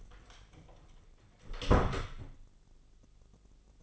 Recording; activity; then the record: daily activity, microphone in the room; close door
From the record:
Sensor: 4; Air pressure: 996.9 hPa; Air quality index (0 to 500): 46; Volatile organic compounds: 1 ppm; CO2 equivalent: 735 ppm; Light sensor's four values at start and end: 17/40/16/17 and 19/45/18/19